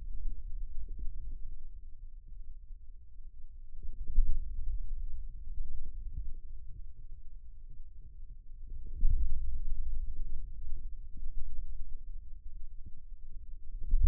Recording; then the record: forearm muscle sounds (acoustic myography)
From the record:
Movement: inward rotation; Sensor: system 2, bracelet of six BSWA MPA416 microphones around the upper forearm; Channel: 1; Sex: male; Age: 22 years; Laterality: right